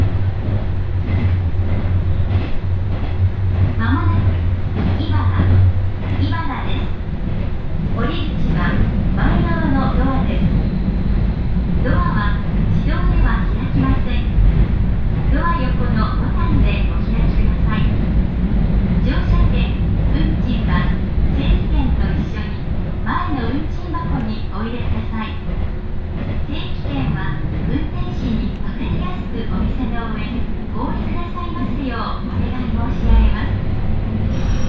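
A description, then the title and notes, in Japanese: A ride aboard an Ihara Railway train, with a constant low rumble of the running train filling the whole 35 seconds. Voices talk throughout over the motor noise, with brief clanks and rattles scattered across it and a steady low hum underneath. 井原鉄道 道上→神辺→備中呉妹。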